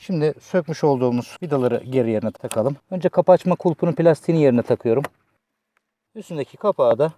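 Someone talks while handling a small plastic screw cover over the door-handle screw, about to press it into the car door handle trim after the removed screws are put back. Speech fills most of the clip, with a brief quiet gap near the end. Nothing has seated or clicked yet.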